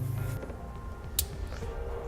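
A T-One trailer wiring harness's plastic connector, with dielectric grease applied, is pushed onto the factory tow wiring connector near the frame of a 2014 Chevrolet Traverse. Over background music, a single sharp click sounds at 1.2 s as the connector seats and locks into place.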